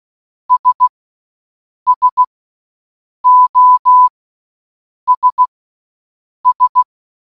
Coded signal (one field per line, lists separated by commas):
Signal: Morse code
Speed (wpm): 16 wpm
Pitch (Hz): 1000 Hz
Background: none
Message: S SOS S